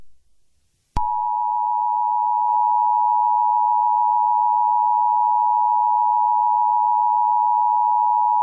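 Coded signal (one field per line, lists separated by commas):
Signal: Emergency Alert System (SAME) tones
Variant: 853 and 960 Hz attention tone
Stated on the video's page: Fictional EAS scenario about a zombie invasion, not a real alert.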